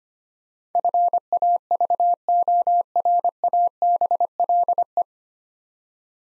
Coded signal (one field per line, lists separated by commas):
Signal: Morse code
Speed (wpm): 25 wpm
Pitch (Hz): 700 Hz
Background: none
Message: FAVORABLE